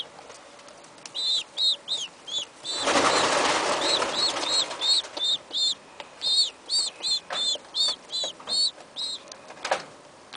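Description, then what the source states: Pigeon chick giving rapid, repeated high squeaky peeps in short bursts, with a loud rustling burst like flapping wings partway through. Baby pigeon.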